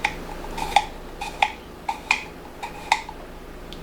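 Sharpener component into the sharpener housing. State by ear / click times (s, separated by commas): seated / 2.1 s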